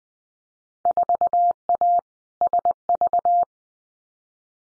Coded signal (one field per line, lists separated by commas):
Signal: Morse code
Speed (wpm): 20 wpm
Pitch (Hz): 700 Hz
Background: none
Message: 4A SV